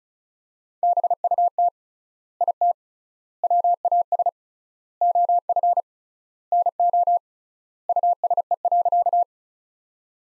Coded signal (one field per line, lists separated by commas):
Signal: Morse code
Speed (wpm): 36 wpm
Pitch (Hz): 700 Hz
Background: none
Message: BUT IT WAS OF NO USE.